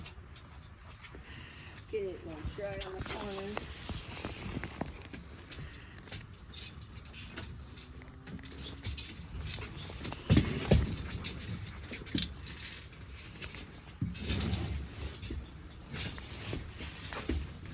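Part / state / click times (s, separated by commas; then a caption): sliding bracket latch on a pop-up canopy leg / not seated / none. Someone talks while raising a corner of a Eurmax pop-up canopy frame, working the sliding bracket on its metal leg, with scattered handling knocks and rattles. The clip ends before the spring pin latches; nothing has snapped into place or clicked yet.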